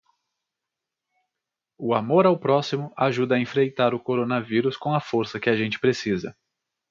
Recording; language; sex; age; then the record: spoken sentence; Brazilian Portuguese; male; 30 to 39 years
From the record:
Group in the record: control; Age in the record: 32 years